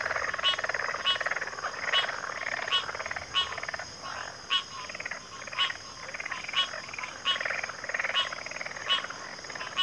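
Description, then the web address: Crickets in a chorus, a steady high shrill trill running throughout, under loud frogs croaking in repeated bursts. Chorus of crickets at a backwater. "WLL Grade 1-12 Pre-Uni Library Natures Songs Sleep Sounds of Nature CRICKETS Backwater Chorus"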